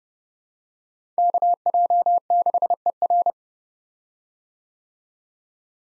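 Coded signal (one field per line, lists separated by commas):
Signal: Morse code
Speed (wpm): 30 wpm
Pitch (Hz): 700 Hz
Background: none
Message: KJ6ER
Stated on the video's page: Head-copy drill of common POTA activator call signs sent at 30 wpm, each sent in Morse, spoken, then sent again.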